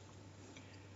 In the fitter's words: it's got three clicks of the catch depending on how much pressure we want to apply